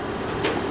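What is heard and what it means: A side panel is refitted onto a Darkflash PC case, starting at the top edge. Over a steady low background hiss, a single short snap is heard at 0.5 s as the top edge of the panel clips into the case frame. The top of the panel is seated, though the bottom is later found not to snap in.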